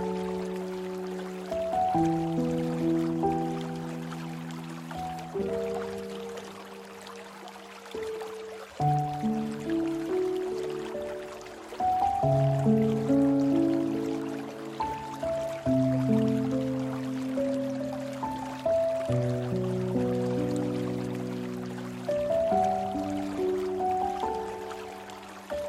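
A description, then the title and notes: Soft piano plays slow, sustained chords that change every few seconds over a faint, steady trickle of flowing water in the background. Water and Soft Piano.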